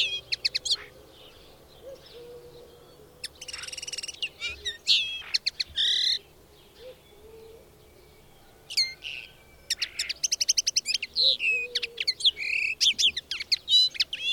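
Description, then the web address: Bird song in scattered bursts of buzzy and chirping high notes, a quiet stretch in the middle, then a long run of rapid chirps, over faint low whistles. "madarak enek"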